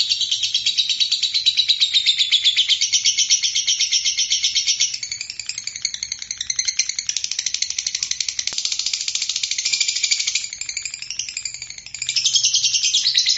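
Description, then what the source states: Bird song, rapid high chirping trills with a softer, buzzier passage midway before the loud twittering resumes. Masteran training recording used for tutoring other birds.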